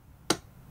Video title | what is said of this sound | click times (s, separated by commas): PC for Creative Pros (DIRECTORS CUT) | here's a click | 0.3 s